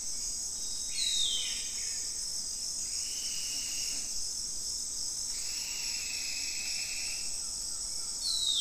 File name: Leucopternis kuhli - White-browed Hawk